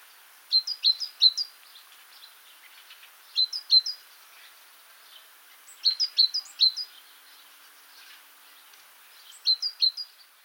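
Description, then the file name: Great tit giving short bursts of sharp, high, descending notes, a cluster roughly every three seconds, with a soft constant hiss beneath. "Parus major"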